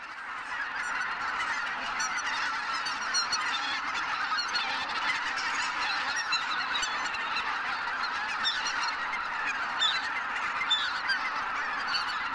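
Birds calling as a dense flock, a continuous overlapping chorus of honking and chattering notes with no pauses throughout.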